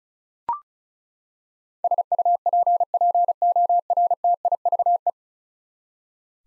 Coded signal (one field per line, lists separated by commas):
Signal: Morse code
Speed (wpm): 36 wpm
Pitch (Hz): 700 Hz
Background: none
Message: SUPPORTIVE